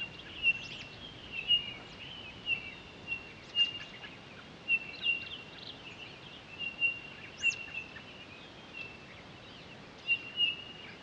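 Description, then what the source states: Townsend's solitaire uttering a long series of flat, pure whistled notes roughly every second, some doubled, with faint higher chips mixed in. Recorded 23 October 2011.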